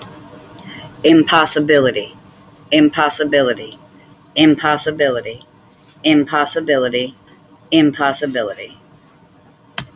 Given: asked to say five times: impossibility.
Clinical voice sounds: repeated word; female; 50 to 59 years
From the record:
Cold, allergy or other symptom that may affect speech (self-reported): no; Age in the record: 57 years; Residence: Florida, United States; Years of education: 14

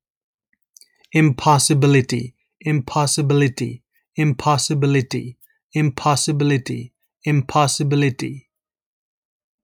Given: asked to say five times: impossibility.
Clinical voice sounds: repeated word; male; 30 to 39 years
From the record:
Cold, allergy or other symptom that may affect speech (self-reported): no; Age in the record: 37 years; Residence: Massachusetts, United States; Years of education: 16

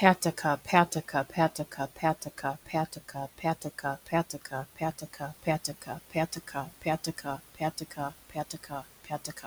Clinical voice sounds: repeated syllables /pa ta ka/; female; 30 to 39 years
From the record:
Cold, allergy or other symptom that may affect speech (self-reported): no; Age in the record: 30 years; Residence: Wisconsin, United States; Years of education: 16

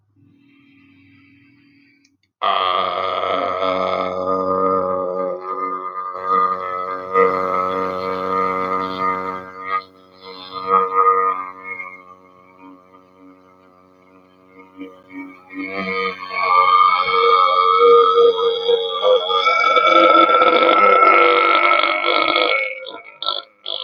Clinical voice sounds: vowel held as long as possible; male; 30 to 39 years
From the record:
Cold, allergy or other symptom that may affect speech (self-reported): no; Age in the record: 39 years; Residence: Pennsylvania, United States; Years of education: 12

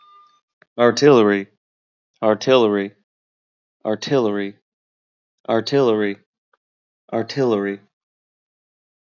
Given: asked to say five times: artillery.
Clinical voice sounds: repeated word; male; 30 to 39 years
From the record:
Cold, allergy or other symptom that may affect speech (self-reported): no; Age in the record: 31 years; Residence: Wisconsin, United States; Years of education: 15

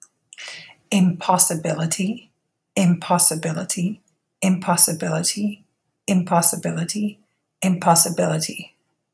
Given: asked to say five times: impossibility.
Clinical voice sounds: repeated word; female; 40 to 49 years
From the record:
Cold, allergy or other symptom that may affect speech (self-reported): no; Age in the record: 44 years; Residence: California, United States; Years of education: 15

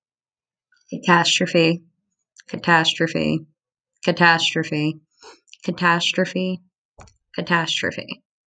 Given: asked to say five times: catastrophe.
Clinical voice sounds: repeated word; female; 30 to 39 years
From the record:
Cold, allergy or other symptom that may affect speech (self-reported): no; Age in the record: 32 years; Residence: New York, United States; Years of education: 16

